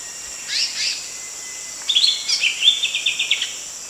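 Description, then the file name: Bird calls: a brief burst of high chirps, then a rapid series of short, evenly spaced high notes, against a constant high-pitched hiss. Female. "betina omkicau"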